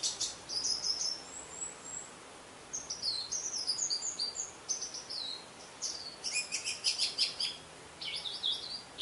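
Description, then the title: Orange-headed thrush song, several long phrases of varied high warbles, buzzy trills and rapid twitters separated by short pauses. "Anis Merah"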